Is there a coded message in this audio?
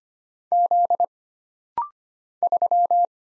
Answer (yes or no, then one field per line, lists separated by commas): yes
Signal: Morse code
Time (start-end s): 0.5-3.1 s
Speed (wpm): 25 wpm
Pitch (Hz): 700 Hz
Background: none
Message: Z 3